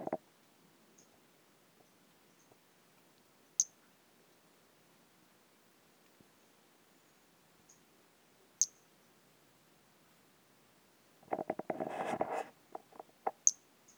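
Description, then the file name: Brachycephalus albolineatus calling: single short, high-pitched peeps spaced about five seconds apart, with a brief burst of rustling or handling noise near the end. "Brachycephalus albolineatus"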